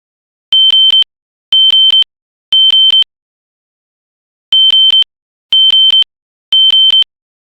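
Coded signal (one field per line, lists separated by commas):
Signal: alarm pattern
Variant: temporal-3, 3 kHz interrupted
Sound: shrill 3 kHz beeps with clicks, three beeps, pause, three beeps again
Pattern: temporal three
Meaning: Temporal-three pattern signals fire evacuation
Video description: This is a sound effect of the System Sensor SpectrAlert Classic horn strobe on it's temp 3 3k setting to sound like an old smoke alarm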